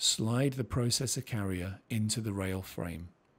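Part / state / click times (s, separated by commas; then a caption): processor rail frame latching onto server CPU socket / not seated / none. Someone talks while the processor carrier rail frame of a Lenovo ThinkSystem SR645 server is slid and handled over the CPU socket, to be pushed down until its two blue plastic latches lock into place during the heat sink and microprocessor installation. Speech fills the clip and then fades to quiet near the end. Nothing has seated or clicked yet.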